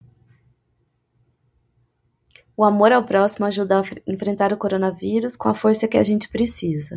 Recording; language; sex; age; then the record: spoken sentence; Brazilian Portuguese; female; 30 to 39 years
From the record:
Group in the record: control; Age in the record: 36 years